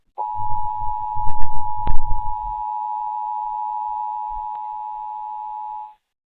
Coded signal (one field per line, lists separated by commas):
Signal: Emergency Alert System (SAME) tones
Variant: 853 and 960 Hz attention tone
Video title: Emergency Alert System - Required Monthly Test For San Francisco Bay Area (6/10/25)